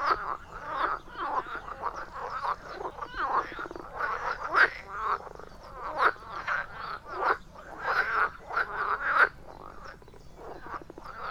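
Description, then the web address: Frogs croaking in a dense chorus, overlapping rattling and grating croaks rising and falling in bursts throughout, with no other clear sounds. Frogs at a pond. "Frosch frosch-teich"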